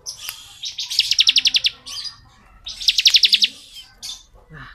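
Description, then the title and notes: Bar-winged prinia song: two bursts of rapid, high, evenly repeated ticking notes, each lasting about a second, with short chirps between them. Ciblek song in the ngebren style, used as masteran training audio for oriental magpie-robins. "Ciblek Ngebren Untuk Masteran Murai Batu. Suara burung ciblek"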